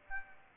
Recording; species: mosquito wingbeat signal from an infrared sensor; Aedes aegypti